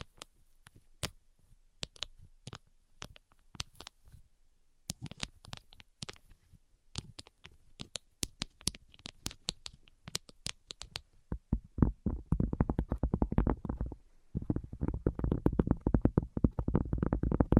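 Tapping sounds, with sharp, scattered clicks and taps at an uneven pace for the first eleven seconds, including a couple of short gaps. After that the tapping turns into dense, fast, fuller drumming with a deeper body that continues to the end, pausing briefly around fourteen seconds.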